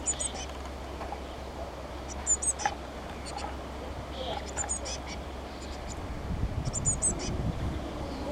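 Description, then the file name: Eurasian blue tit giving brief, very high, thin call notes in small bursts, scattered irregularly, with low rumbling noise rising toward the end. "Cyanistes caeruleus"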